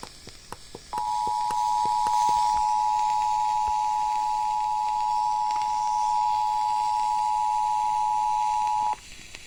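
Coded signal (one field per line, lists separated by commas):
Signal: Emergency Alert System (SAME) tones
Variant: 853 and 960 Hz attention tone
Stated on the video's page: Alabama Civil Authority Emergency alert relayed garbled on a broadcast station because the commercial setup's monitors had low signal.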